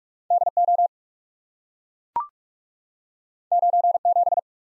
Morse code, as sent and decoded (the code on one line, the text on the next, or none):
-.. / --- / ----. / --...
D O 9 7